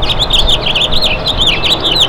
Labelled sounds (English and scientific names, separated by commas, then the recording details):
House Finch (Haemorhous mexicanus) song
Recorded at Merrick on Long Island, New York, on 17 May 2013
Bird A